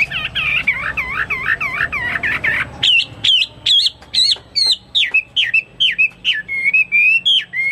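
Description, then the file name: Chinese hwamei song: quick series of dipping whistled notes, followed by separate sharp rising and falling whistles repeated steadily. "omkicau hwamei"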